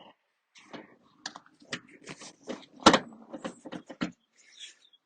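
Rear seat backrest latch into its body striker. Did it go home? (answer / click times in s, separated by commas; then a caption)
no / none. A Jaguar XF rear seat backrest is raised and pushed up into its latch on the body striker, producing a series of dull knocks and thumps, with the loudest bump near 2.9 s. Nothing has seated or clicked yet; the latch fails to catch because it is still in the locked position.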